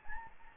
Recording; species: mosquito wingbeat signal from an infrared sensor; Anopheles gambiae